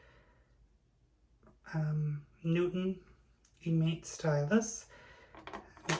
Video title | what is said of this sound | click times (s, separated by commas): Apple Newton eMate 300 Unboxing | it just pops right into place there or you can put it in either side and hold it | 5.9 s